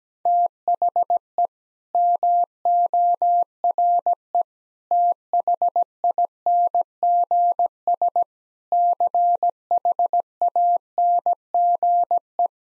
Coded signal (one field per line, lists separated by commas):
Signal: Morse code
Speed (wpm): 17 wpm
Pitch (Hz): 700 Hz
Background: none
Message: THE MORE THINGS CHANGE